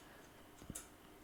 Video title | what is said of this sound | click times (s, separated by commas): LIVE: LitePlacer Build Part 4 | it will go it's it snaps in place with a magnet here so here on magnets | 0.8 s